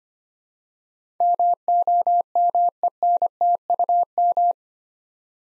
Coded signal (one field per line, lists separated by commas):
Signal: Morse code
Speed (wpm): 25 wpm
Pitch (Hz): 700 Hz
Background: none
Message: MOMENTUM